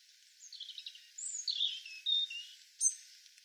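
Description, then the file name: European robin song: a jumble of high thin whistles and trills in quick succession. "Erithacus rubecula"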